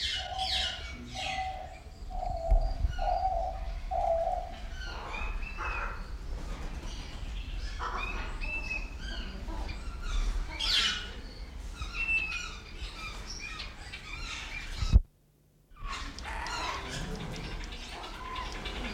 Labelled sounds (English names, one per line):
Diamond Dove call